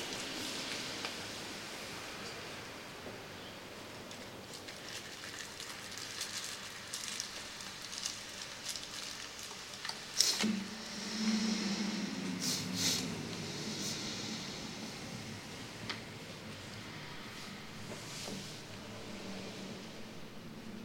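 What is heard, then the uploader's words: A steady room tone with a soft, even hiss, mixed with scattered light ticks and pattering like rain on a surface. Around the tenth second a sharp click opens a low hum that swells and fades by about fifteen seconds. The piece "Room" combines room tones sampled from several films, sfx libraries, with field recordings of other rooms and spaces. These sound sources are processed to highlight the various inherent or imagined states of dramatic narrative possible with their acoustic properties.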